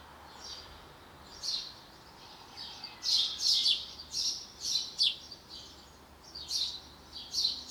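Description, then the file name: House sparrow chirping, a quiet start then a busy run of broad, rough chirps from about three seconds on, irregularly spaced. "Passer domesticus"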